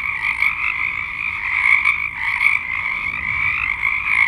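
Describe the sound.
Frogs calling in a dense chorus, overlapping croaking trills that never pause, with no other sounds standing out.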